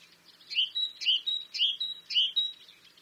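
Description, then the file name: Great tit song of four even phrases, each a lower note sliding into a high thin whistle, delivered at a steady pace. "Parus major"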